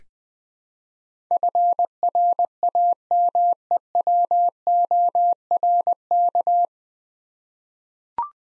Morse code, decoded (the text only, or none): FRAMEWORK